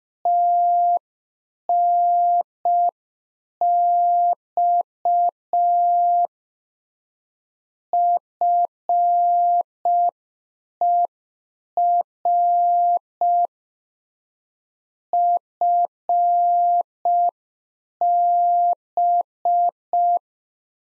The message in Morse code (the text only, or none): TNX FER FB